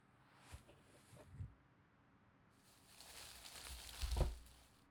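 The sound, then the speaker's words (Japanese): A vegetable peeler scrapes along a carrot: a couple of short crisp strokes, then a longer, louder rasping pass that builds to a firm scrape near the end, with no talking. “それじゃあ、まずは人参。包丁使うよりも先に、ピーラー。”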